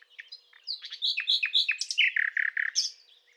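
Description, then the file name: Common nightingale song: a rich varied phrase of whistles and sharp notes, with a run of loud repeated lower notes near the end. "Luscinia megarhynchos"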